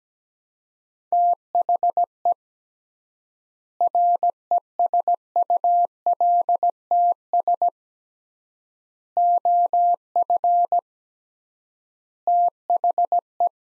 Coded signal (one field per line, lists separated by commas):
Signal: Morse code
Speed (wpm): 17 wpm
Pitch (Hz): 700 Hz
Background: none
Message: THE RESULTS OF THE